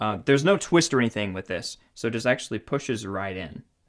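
A power cable plug is pushed straight into the power socket of an Amaran P60C LED light panel, with no twist needed. Someone talks throughout the clip. Nothing has seated or clicked yet.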